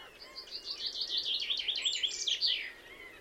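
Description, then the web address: Common chaffinch song: a steady series of sweet repeated notes that grows louder and ends in a brisk, slurred terminal flourish. "Deverinetal"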